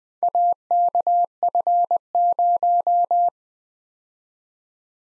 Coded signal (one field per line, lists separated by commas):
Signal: Morse code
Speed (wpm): 20 wpm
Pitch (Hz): 700 Hz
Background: none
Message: AKF0